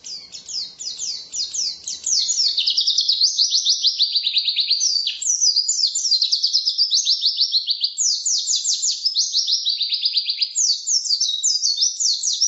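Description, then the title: White-eye singing a near-continuous series of quick, high-pitched twitters and trills. Forest-type white-eye ('ngalas'), isian filler song used for masteran, tutoring captive songbirds. "mster Mnuk. Pleci ngalas isian untuk masteran"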